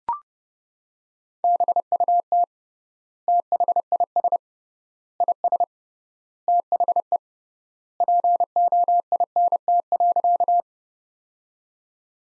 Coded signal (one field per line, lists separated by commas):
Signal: Morse code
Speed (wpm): 29 wpm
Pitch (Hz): 700 Hz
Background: none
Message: BUT THIS IS THE POINT.